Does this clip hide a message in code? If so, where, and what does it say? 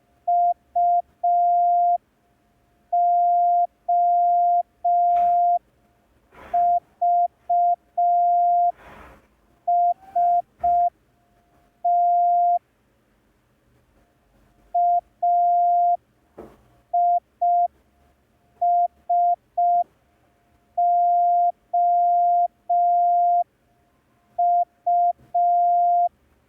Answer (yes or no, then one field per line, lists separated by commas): yes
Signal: Morse code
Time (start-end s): 0.3-26.1 s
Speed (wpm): 5 wpm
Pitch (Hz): 700 Hz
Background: none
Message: UOVST AISOU